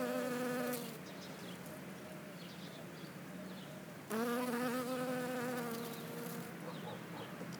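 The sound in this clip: Western honey bee buzzing, a steady droning hum that swells loudly near the start, drops to a softer drone, then surges again around four seconds before fading.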